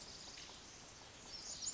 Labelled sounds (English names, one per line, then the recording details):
Pacific Wren
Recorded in Sonoma County, California